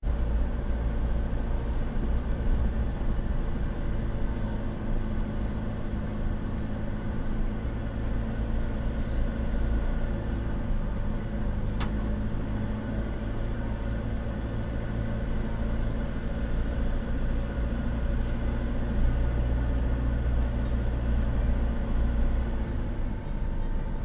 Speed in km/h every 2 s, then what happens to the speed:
18, 17, 15, 17, 16, 14, 13, 16, 17, 19, 20, 17.
0-12 steady at about 16. 12-21 speeds up to 20.